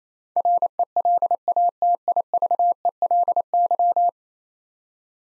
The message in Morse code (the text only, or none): RELATIVELY